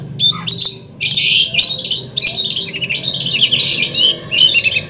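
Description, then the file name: Long-tailed shrike song: rough buzzy bursts at first, then running into a continuous scratchy chatter of mixed high notes with little pause. Audio simulating a songbird contest, from a gathering. "audio simulasi lomba cendet gathering. omkicau"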